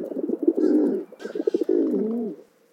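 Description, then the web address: Pigeon cooing, low burbling notes, a quick stuttered series, then a wavering drawn-out coo fading out. "pigeons can correct their mistakes like ai"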